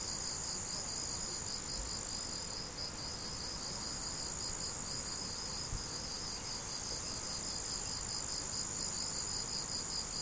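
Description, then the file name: Cricket chirps come in a fast even train, about two to three per second, over a continuous shrill insect chorus and soft low noise. Crickets recorded 17 July 2012 with an MZ-N710 recorder. "mz-n 710 grillons 17 07 2012"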